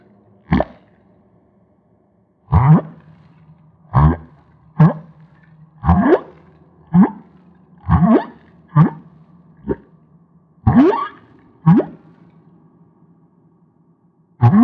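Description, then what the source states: Humpback whale sounds: a series of short, sharp upswept pulses, roughly one per second with gaps, over a low steady hum. Maui.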